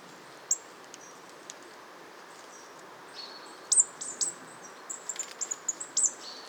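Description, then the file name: Marsh Tit calling: a few isolated high notes early, then a quicker series of sharp, very high notes in the second half. "Poecile palustris"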